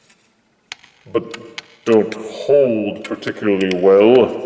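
A plastic tab on a Super Megatron Voyager Generations Selects transforming toy figure is pushed into its groove, and the tab-and-groove joint seats with a sharp snap at 0.7 s and a faint follow-up tick at 0.8 s. Someone then talks, saying the joint pushes together but doesn't hold particularly well.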